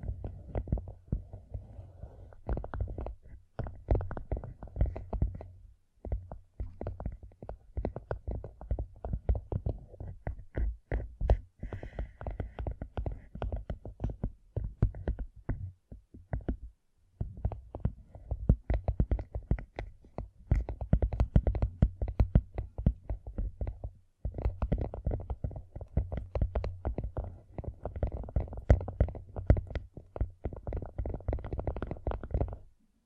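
Gem-covered fingertips tap and scratch in dense, rapid clusters with brief pauses near 6 and 17 seconds, over a low, dull thud.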